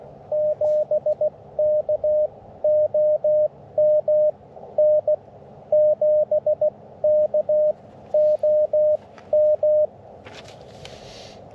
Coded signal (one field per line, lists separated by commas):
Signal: Morse code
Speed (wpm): 18 wpm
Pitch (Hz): 560 Hz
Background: radio noise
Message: 7K OM N 7K OM